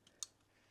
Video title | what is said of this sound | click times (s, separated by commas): Replacing Melted Battery Top Fuse Box | make sure you put it back in the way you came again nice click | 0.2 s